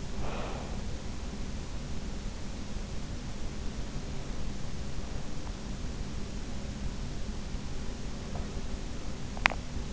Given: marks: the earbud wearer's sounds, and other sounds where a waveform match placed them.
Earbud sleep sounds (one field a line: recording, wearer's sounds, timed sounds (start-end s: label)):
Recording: sounds in sleep by an in-ear microphone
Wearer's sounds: breath, teeth grinding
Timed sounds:
0.00-0.84 s: breath
9.38-9.76 s: teeth grinding